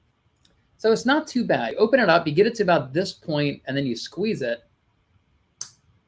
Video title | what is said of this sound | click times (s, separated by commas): Best Tactical & Survival Gear November 2021 - BattlBox Mission 81 | and then it locks into place unlocking it is a little complicated so you got to kind of pinch it right here | 5.6 s